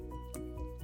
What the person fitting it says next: you guys hear that click back into place